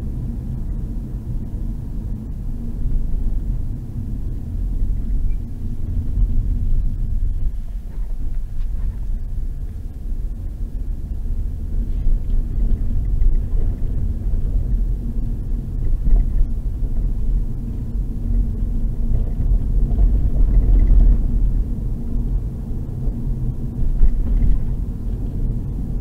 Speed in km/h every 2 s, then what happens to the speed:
48, 45, 37, 19, 22, 31, 38, 41, 44, 47, 51, 52, 51.
0-6 brakes to 19. 7-21 speeds up to 52.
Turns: none.